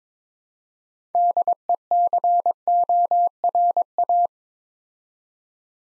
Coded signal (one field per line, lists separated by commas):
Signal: Morse code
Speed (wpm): 22 wpm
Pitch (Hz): 700 Hz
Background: none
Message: DECORA